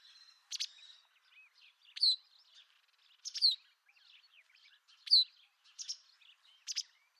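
White wagtail calls, bright clipped chirps repeated at irregular intervals, with softer twittering notes between them.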